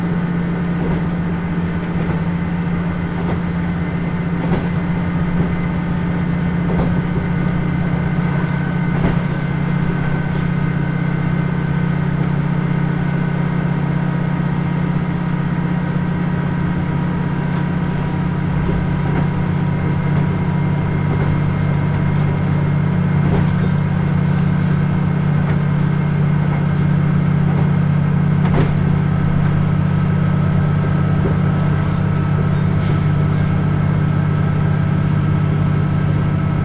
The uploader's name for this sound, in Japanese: 豊肥本線 九州横断特急3号 熊本→立野